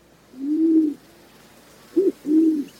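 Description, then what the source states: Band-tailed Pigeon giving low, hollow coos: a long soft hoot, a pause, then a short clipped note followed by another drawn-out hoot. Named for the band of light gray feathers at the tail tip, shown in flight.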